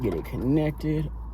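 The wiring harness connector is being handled to push onto the new throttle body of a 2012–2018 Nissan Altima 2.5. Someone talks over a steady low hum. Nothing has seated or clicked yet in this 1.3-second clip.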